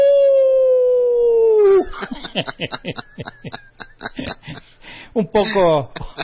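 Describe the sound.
A person imitates a wolf howl with one long, steady vocal tone that slowly slides downward in pitch, then breaks off into quick, choppy bursts of laughter and talking.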